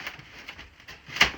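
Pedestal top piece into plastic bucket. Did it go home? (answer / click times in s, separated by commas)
yes / 1.2 s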